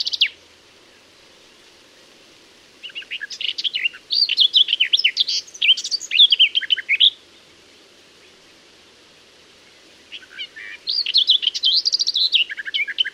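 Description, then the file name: Garden warbler song: two long bursts of fast, varied warbling separated by a pause of a few seconds, after a brief fragment at the start. "Fauvette des jardins"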